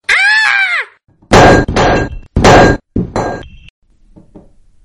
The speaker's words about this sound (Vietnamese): Nương theo tiếng thét chói tai của cô ấy, còn có tiếng loảng xoảng của đồ vật.